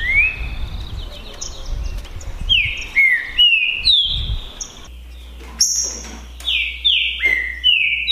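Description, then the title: Green-winged saltator singing loud whistled phrases, each a cluster of slurred notes with brief pauses between, low rumble early and a steady hum later. Song contest (disputa) between trinca-ferro birds Naval and Demolidor, 2022 season; birds calling, singing and 'macheando' in the contest. "TRINCA Piando, Cantando E Macheando Na DISPUTA. DISPUTA DE TRINCA FERRO NAVAL VS DEMOLIDOR 2022 TEMPORADA 2022"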